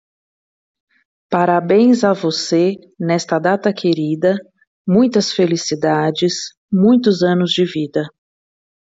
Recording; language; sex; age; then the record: short text; Brazilian Portuguese; female; 40 to 49 years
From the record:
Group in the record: control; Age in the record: 49 years